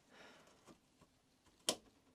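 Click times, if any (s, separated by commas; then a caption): 1.7 s. A door latch on a homemade heat treating oven is pulled closed, and the small radius filed on its top lets it ride over and into its catch. Faint rustling and light ticks come before a single sharp click at 1.7 s as the latch snaps into place, seated.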